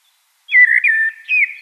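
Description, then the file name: Eurasian blackbird giving one short, mellow fluted phrase with a slight rise and fall after brief silence. "Turdus merula"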